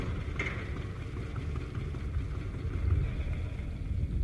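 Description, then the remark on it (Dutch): A small motor pump engine churns with a steady low rumble as it tries to start, swelling slightly partway through, with no voices. “Ja, daarom probeer ik dat krenk van een pomp aan de gang te krijgen.”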